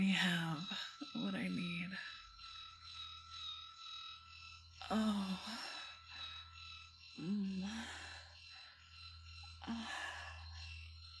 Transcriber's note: breathy